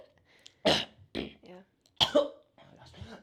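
Two sharp, explosive sneezes about a second and a half apart from an adult woman, each trailing into a softer breathy tail. They have a clipped, cough-like sound rather than the drawn-out 'achoo' pattern, an ordinary variation; her sneezes characteristically sound like coughs.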